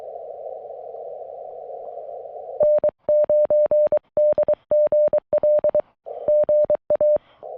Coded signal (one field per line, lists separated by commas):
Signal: Morse code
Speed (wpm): 20 wpm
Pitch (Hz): 590 Hz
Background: none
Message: N9DGL GA